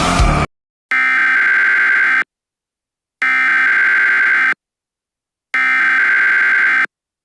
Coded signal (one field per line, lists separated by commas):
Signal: Emergency Alert System (SAME) tones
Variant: header bursts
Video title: Over Heated: An EAS Scenario